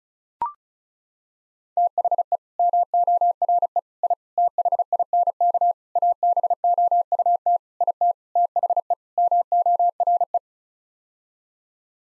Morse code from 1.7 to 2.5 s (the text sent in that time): THE